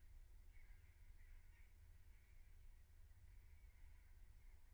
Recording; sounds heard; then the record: poultry house recording; no chicken sound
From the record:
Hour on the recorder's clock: 15